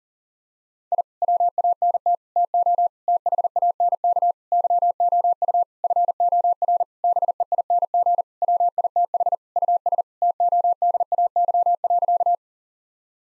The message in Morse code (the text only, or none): I WANT TO THANK YOU FOR BEING WITH US TODAY.